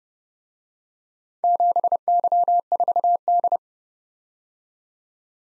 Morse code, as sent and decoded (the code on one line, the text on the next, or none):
--... -.-- ....- -..
7Y4D